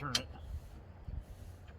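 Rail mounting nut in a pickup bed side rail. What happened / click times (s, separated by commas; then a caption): Handled, not yet home: the mounting nut is being turned but has not locked / none. A rail mounting nut is handled at the side rail channel of a Jeep Gladiator pickup bed, ready to be turned so its edges lock inside the rail. Someone talks over faint low handling noise. Nothing has seated or clicked yet.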